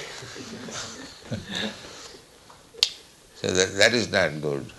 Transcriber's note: laughs